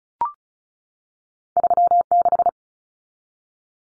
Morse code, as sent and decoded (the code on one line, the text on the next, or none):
...-- -....
36